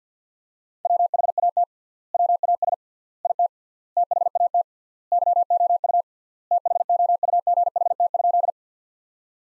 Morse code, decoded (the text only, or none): WHAT WAS IT THAT YOU THOUGHT?